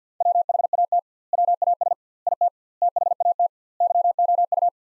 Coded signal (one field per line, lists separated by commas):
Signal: Morse code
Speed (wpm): 50 wpm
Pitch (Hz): 700 Hz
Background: none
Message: WHAT WAS IT THAT YOU